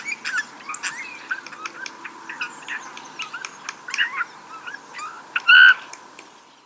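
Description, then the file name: Eurasian bullfinch call: one loud, short, plain piped whistle late, amid scattered ticks and chirps. "Pyrrhula pyrrhula"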